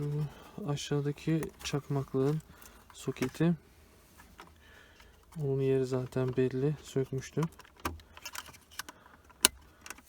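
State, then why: Seated. Someone talks while refitting the part around the lower cigarette-lighter socket in the centre console of a Passat B8/B8.5. Faint handling clicks and taps follow, then a sharp click at 9.5 s as the lighter socket or trim piece seats into place in the console.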